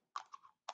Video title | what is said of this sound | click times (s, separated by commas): shape activities | and i'm very carefully snapping it back on and it makes a clicking sound | 0.2 s, 0.7 s